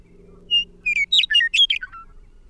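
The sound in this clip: Bird song: a short phrase of several quick notes, a clear single tone followed by varied chirps and slurred notes dropping lower at the end, over a faint low hum.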